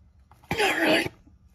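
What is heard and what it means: A brake pad with its metal spring clip is being worked into the caliper bracket of a 2nd gen Dodge Ram 1500, with a few faint taps at about 0.3 s and 0.4 s. Someone talks loudly from about 0.5 s to 1.1 s, then it goes quiet. Nothing has seated or clicked yet.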